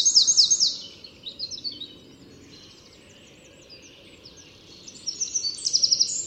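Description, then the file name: Eurasian wren with quick, high rattling trills that open and close the passage, separated by softer scattered notes. "Troglodytes troglodytes"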